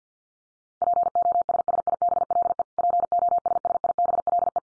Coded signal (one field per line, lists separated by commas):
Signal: Morse code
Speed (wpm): 50 wpm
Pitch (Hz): 700 Hz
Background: none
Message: POSSIBLE POSSIBLE